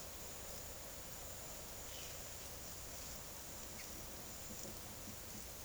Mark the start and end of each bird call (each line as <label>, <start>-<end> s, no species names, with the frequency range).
bird call (1.8-5.2 kHz), 1.71-2.11 s